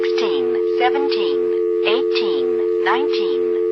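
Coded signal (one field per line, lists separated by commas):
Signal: telephone call progress tone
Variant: North America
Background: speech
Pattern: dial tone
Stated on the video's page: Call progress tone from an NX1-E exchange in Vanceboro, North Carolina, 1977.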